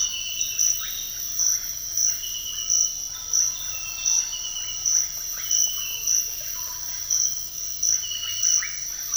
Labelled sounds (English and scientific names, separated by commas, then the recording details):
none
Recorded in dense forest near Puerto Asís, Putumayo, Colombia, on 13 March 2025 at 06:00
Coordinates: 0.484, -76.325
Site G045